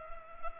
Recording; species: mosquito wingbeat signal from an infrared sensor; Culex pipiens